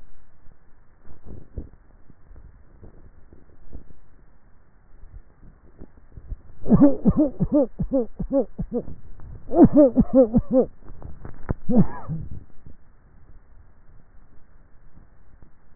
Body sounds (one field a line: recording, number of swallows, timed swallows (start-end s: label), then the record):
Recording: swallowing sounds by neck microphone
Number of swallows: 3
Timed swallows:
2.25-2.98 s: swallow
4.92-5.78 s: swallow
13.08-13.85 s: swallow
From the record:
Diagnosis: dysphagia